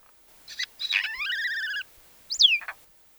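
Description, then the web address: Myna calls: harsh chattering notes, a long wavering whistled note held for about a second, then a sharp falling squeal. "soud Majna"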